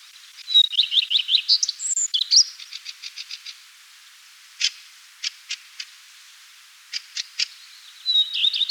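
Common redstart song: a phrase opening with a clear whistled note then a quick jangly twitter, a series of scattered sharp ticks, then a second phrase beginning at the end, quiet background.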